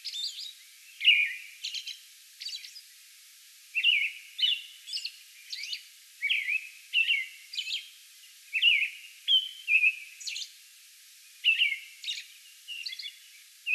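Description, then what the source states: American robin pouring out a long bout of whistled caroling phrases mixed with high, scratchy squeaks, phrases coming in quick clusters separated by short pauses. Song bout recorded May 11.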